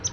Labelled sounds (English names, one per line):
Palm Warbler flight call